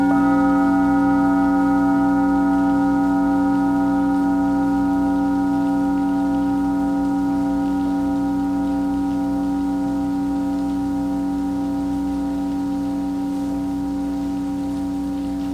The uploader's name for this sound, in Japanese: 雨音とシンギングボウル